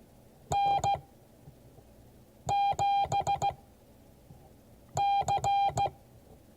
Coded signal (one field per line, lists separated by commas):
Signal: Morse code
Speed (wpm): 16 wpm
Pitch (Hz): 810 Hz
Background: none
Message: N7C